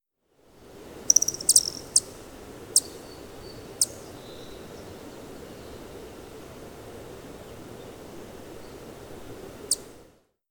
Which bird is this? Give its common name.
Broad-tailed Hummingbird